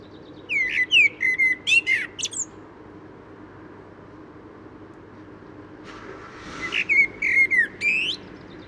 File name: Common Blackbird Turdus merula